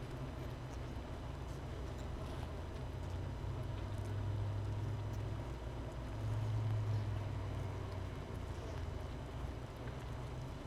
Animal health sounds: honeybee colony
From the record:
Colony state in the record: missing queen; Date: 31 May 2018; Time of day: 13:50

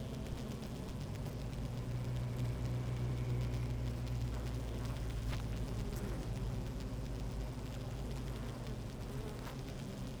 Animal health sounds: honeybee colony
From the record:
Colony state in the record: active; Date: 28 July 2017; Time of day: 12:09

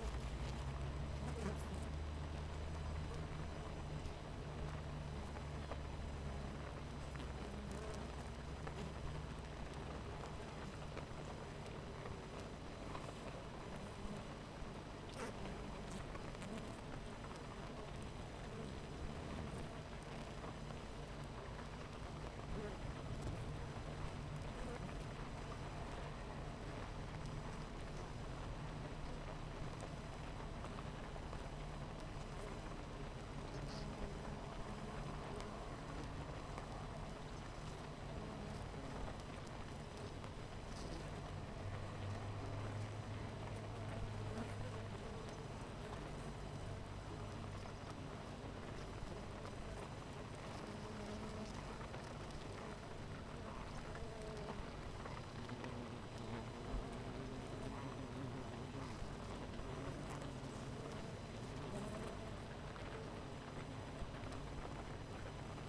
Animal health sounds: honeybee colony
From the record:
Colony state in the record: missing queen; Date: 14 July 2017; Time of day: 8:55

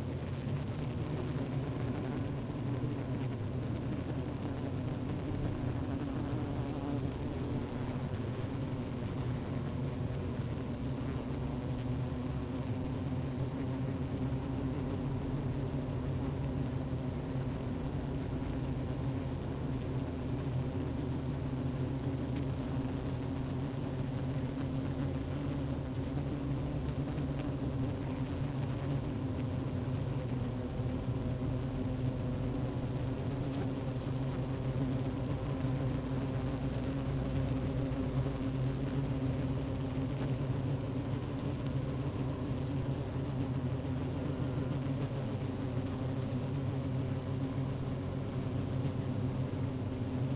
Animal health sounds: honeybee colony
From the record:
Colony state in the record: active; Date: 28 July 2017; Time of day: 15:47

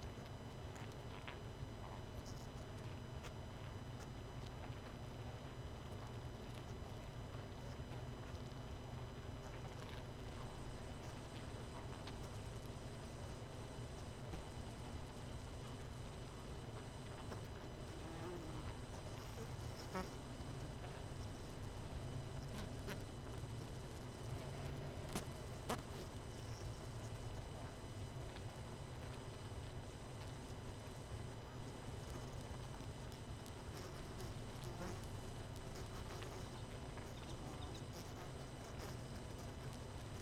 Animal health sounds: honeybee colony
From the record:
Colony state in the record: missing queen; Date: 31 May 2018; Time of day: 21:04

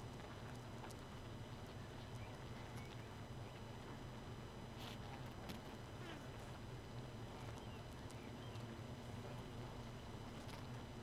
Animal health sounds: honeybee colony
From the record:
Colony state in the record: missing queen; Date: 31 May 2018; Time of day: 2:42

